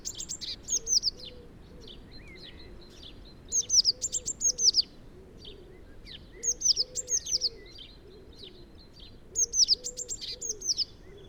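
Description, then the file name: Eurasian blue tit calls: four bursts of high, thin, falling notes roughly every three seconds, over soft low background notes. "Cyanistes caeruleus"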